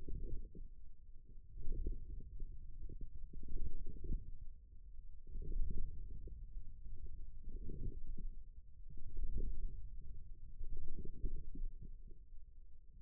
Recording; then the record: forearm muscle sounds (acoustic myography)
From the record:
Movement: radial deviation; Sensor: system 2, bracelet of six BSWA MPA416 microphones around the upper forearm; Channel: 4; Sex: male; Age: 22 years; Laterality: right